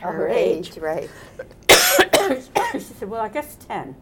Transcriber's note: coughs